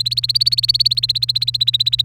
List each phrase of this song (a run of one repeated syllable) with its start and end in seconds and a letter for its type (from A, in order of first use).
0.00-2.05 A